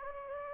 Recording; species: mosquito wingbeat signal from an infrared sensor; Anopheles gambiae